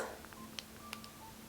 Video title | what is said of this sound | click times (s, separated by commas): SAMSUNG S26 ULTRA UNBOXING, REVIEW AND ACCESSORIES - PINK - GOLD PHONE | still does click, but you can see right here how it sticks out just ever so slightly. | 0.6 s